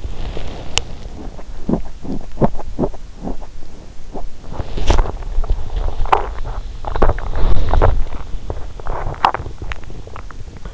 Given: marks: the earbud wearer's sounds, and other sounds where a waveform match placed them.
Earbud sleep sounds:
sounds in sleep by an in-ear microphone; body movement, swallowing
0.00-9.98 s: body movement
9.17-10.74 s: swallowing

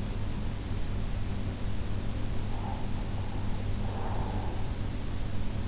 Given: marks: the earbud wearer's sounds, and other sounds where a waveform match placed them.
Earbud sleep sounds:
sounds in sleep by an in-ear microphone; breath
2.34-5.09 s: breath

